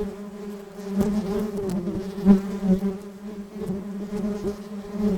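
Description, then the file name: Bee: steady hum of many bees buzzing, deep droning tone with overtones, loudness pulsing gently, a few brief clicks through it. "Wild bees"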